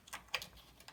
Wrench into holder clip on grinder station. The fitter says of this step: That just kind of snaps back into place. Like